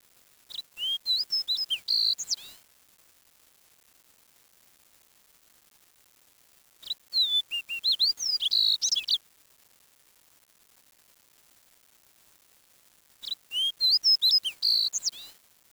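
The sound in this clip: Bird song in three bursts about two seconds long, each a rapid run of high, varied chirps and sweeping whistled notes, separated by roughly four seconds of silence.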